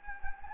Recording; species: mosquito wingbeat signal from an infrared sensor; Anopheles gambiae